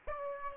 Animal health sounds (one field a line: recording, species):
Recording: mosquito wingbeat signal from an infrared sensor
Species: Aedes aegypti